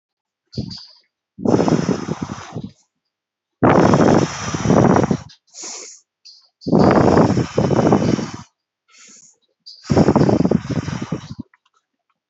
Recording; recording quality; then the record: shallow breathing; excellent, no background noise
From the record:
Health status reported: COVID-19 positive, moderate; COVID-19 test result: positive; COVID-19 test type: RT-PCR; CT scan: not taken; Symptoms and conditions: cough, fatigue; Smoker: no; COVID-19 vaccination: none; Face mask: not worn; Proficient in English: no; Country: India